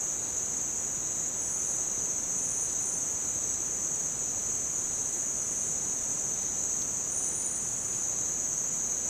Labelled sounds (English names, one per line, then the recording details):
none
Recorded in dense forest near Puerto Asís, Putumayo, Colombia, on 22 June 2025 at 17:00
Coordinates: 0.484, -76.317
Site G045